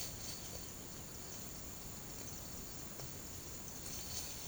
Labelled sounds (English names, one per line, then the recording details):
none
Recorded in pastures near Puerto Asís, Putumayo, Colombia, on 13 March 2025 at 16:30
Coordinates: 0.486, -76.323
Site G075